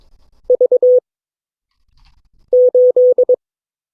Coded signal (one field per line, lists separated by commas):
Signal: Morse code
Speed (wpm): 22 wpm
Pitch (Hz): 500 Hz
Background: none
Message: V8